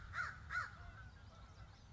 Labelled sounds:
American Crow
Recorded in Sonoma County, California

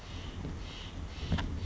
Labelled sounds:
Steller's Jay
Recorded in Sonoma County, California

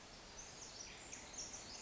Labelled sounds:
Pacific Wren
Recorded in Sonoma County, California

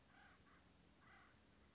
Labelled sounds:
Acorn Woodpecker
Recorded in Sonoma County, California

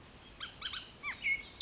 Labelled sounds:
Bullock's Oriole
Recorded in Sonoma County, California

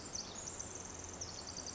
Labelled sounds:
Pacific Wren
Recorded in Sonoma County, California

